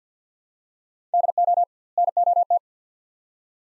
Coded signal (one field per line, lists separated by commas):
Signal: Morse code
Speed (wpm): 50 wpm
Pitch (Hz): 700 Hz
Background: none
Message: DO NOT